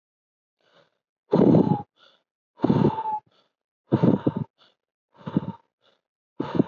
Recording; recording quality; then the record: deep breathing; excellent, no background noise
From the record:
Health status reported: COVID-19 positive, mild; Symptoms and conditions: none ticked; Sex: male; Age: 24 years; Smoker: not ticked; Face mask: not worn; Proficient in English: yes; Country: India